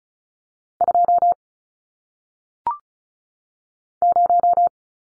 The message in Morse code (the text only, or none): 2 0